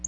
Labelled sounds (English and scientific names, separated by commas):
Black-throated Blue Warbler (Setophaga caerulescens) flight call